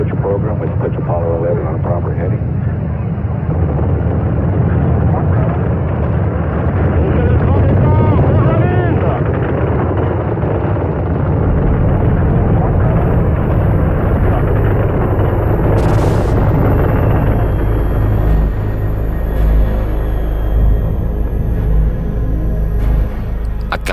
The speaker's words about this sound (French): Et à 100 km à la ronde, la Terre tremble sous les 35 000 tonnes de poussée des moteurs du premier étage et le ciel avale peu à peu la fumée blanche de l'engin. Quel spectacle terrifiant et envoûtant!